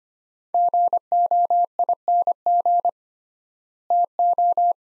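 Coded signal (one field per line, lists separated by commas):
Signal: Morse code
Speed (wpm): 25 wpm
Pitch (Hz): 700 Hz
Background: none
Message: GOING TO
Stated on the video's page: Morse practice of four-word sets at 25 wpm with 3x word spacing, a Farnsworth-like method; words sent in Morse, then spoken, then sent again.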